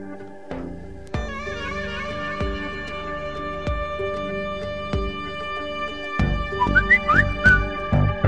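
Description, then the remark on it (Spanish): A warbling whistled melody rides over a steady, rhythmic backing with regular thumping beats, growing busier and louder toward the end, with no talking. “La verdad es que flipo con el silbadito ahora.”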